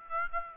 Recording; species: mosquito wingbeat signal from an infrared sensor; Aedes aegypti